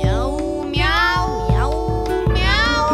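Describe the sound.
A voice imitates a cat with a run of loud, drawn-out meows that bend up and down in pitch, carried over a steady musical accompaniment.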